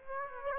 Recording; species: mosquito wingbeat signal from an infrared sensor; Aedes aegypti